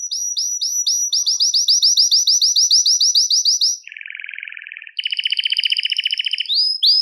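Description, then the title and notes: Belgian canary song: a fast run of repeated notes, then a lower buzzy rattle, then a quick bright trill, with no other sounds. "Canario Belga, nyonyastudio"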